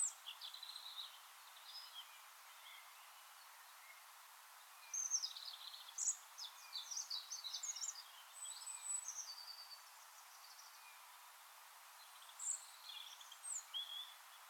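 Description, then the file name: European robin song: high, varied warbling phrases with sharp thin notes, in bursts separated by pauses, resuming softly near the end. "Erithacus rubecula"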